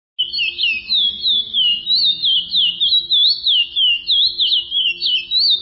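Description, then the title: Chestnut-bellied seed finch singing a long, fluid warble of high whistles that rise and fall in rapid ripples, flowing without pause after a brief silent start. "Canto De Curio"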